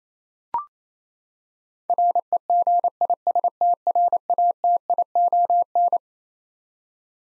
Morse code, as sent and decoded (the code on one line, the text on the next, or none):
.-. . --. .. ... - .-. .- - .. --- -.
REGISTRATION